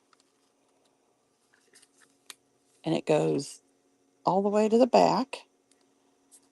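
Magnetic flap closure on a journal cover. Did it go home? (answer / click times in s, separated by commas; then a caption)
yes / 2.3 s. A flap on a handmade journal cover, with a magnet hidden on each side, is closed, and the magnetic closure snaps shut with a sharp click at 2.3 s. Small soft taps come before it. Someone talks from about 2.9 s to 5.4 s.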